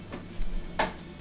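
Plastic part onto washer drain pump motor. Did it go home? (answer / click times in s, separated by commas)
yes / 0.8 s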